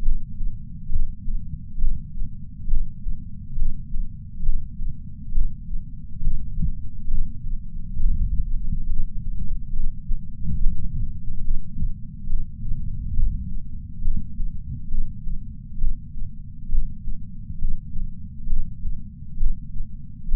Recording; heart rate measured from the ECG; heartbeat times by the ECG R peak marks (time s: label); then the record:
heart sounds by patch sensor on the chest; 68 bpm
0.02 s: heartbeat
0.89 s: heartbeat
1.78 s: heartbeat
2.67 s: heartbeat
3.55 s: heartbeat
4.42 s: heartbeat
5.31 s: heartbeat
6.21 s: heartbeat
7.07 s: heartbeat
7.96 s: heartbeat
8.86 s: heartbeat
9.73 s: heartbeat
10.57 s: heartbeat
11.41 s: heartbeat
12.26 s: heartbeat
13.13 s: heartbeat
14.01 s: heartbeat
14.88 s: heartbeat
15.78 s: heartbeat
16.68 s: heartbeat
17.58 s: heartbeat
18.46 s: heartbeat
19.37 s: heartbeat
20.28 s: heartbeat
From the record:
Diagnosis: coronary artery disease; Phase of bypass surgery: preoperative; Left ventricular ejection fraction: 64%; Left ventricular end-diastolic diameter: 46 mm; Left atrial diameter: 41 mm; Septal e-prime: 5 cm/s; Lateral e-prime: 6 cm/s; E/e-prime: 12.5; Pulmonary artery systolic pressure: 30 mmHg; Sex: male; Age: 62 years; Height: 165 cm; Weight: 72 kg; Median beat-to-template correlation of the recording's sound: 0.93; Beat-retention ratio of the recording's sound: 0.99